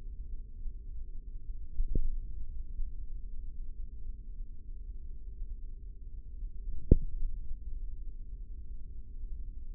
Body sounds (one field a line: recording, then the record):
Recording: forearm muscle sounds (acoustic myography)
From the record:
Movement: tripod grip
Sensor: system 3, bracelet of six PUI Audio POM-2738L microphones around the upper forearm, with dedicated amplification and filtering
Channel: 3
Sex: male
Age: 55 years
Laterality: right